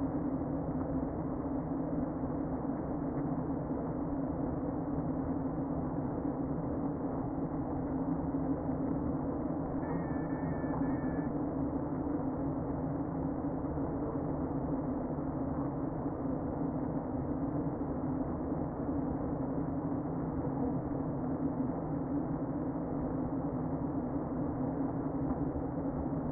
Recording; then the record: honeybee colony, microphone inside the hive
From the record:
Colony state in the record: queen present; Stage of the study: before two queens were removed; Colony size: about 60,000 bees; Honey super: yes